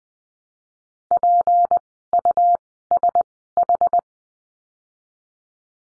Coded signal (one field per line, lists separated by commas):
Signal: Morse code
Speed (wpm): 20 wpm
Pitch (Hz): 700 Hz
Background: none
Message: P U S H